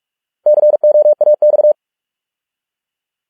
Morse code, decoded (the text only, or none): COAX